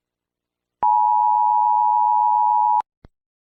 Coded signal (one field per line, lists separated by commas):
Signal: Emergency Alert System (SAME) tones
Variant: 853 and 960 Hz attention tone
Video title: Animals Take Over - REBORN (AN EAS Scenario)